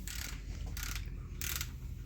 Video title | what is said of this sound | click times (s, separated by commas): BIG INCH MOPAR! how much does it cost? | that one that one didn't click | none